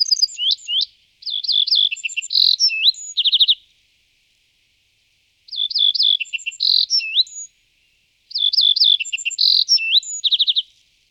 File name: Strnad malinky Emberiza pusilla